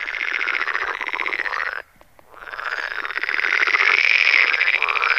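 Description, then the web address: Pool frogs calling in a dense chorus of rapid, rattling croaks, with a brief near-silent gap before the chorus swells back up. "Tajemnice puszczy Zaba jeziorkowa"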